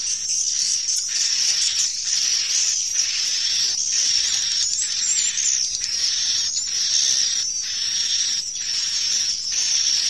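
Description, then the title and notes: Swiftlet calls as a hissing high twitter, with frequent louder chirp pulses. Swiftlet farming, Asia. "Swiflet Bird Sound. Farming Swiflet Bird asia sound"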